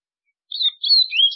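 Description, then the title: White-throated seedeater song fragment: high, slurred whistled notes, cut off at the end. "Canto Do Golinha"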